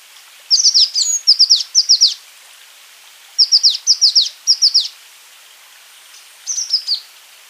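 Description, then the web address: Azure tit calls: three clusters of high, quickly descending chirps, each cluster of several notes, separated by pauses of over a second. "wroblowe ptaki cyanistes cyanus"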